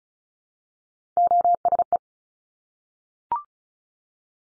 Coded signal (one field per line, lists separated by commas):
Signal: Morse code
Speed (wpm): 36 wpm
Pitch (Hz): 700 Hz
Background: none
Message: OSE